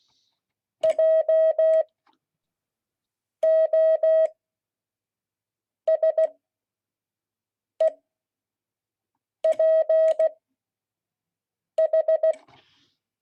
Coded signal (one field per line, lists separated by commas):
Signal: Morse code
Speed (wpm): 16 wpm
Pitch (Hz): 640 Hz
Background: none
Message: JOSEPH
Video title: Friday 2022-08-12 Morse code class